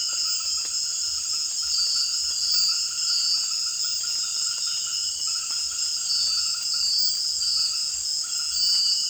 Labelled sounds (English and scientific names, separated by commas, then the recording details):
none
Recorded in secondary vegetation near Puerto Asís, Putumayo, Colombia, on 19 June 2025 at 18:30
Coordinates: 0.485, -76.322
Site GP06